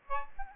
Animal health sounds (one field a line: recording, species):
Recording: mosquito wingbeat signal from an infrared sensor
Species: Aedes albopictus